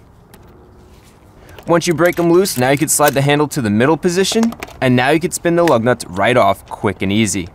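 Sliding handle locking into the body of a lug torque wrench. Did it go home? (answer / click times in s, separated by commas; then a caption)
yes / 0.3 s. The sliding handle of a combined lug wrench and torque wrench is pulled all the way out until it locks in its extended position, giving leverage to break loose lug nuts on wheels. A single sharp click sounds at 0.3 s in a quiet stretch as the handle locks in place. From about 1.7 s, someone talks.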